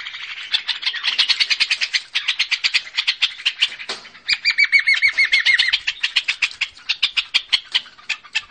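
Nuthatch: a long run of quick repeated notes, including a series of whistled notes held at one pitch for about a second and a half.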